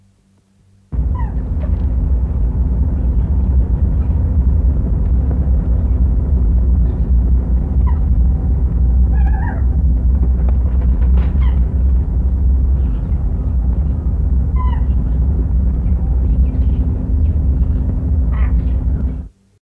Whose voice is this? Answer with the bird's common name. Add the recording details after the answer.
Common Buzzard. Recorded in captivity. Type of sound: call. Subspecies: zimmermannae. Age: adult. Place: Tierpark Berlin, Berlin, DE. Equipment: Halbspur, 9,5 cm/s. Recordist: Lütgens, Hans. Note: Rufe